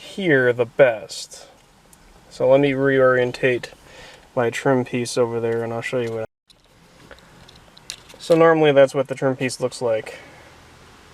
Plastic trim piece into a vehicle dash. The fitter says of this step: um it just snaps in place